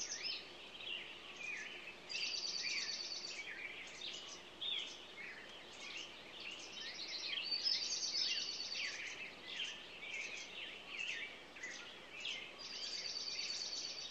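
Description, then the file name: Songbirds singing in a dense morning chorus, many overlapping high chirps and trills with buzzy rattling phrases recurring, over a steady hiss of background noise. "Echoes Of Nature-Morning Songbirds"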